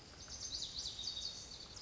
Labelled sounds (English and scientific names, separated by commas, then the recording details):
Lazuli Bunting (Passerina amoena)
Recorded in Sonoma County, California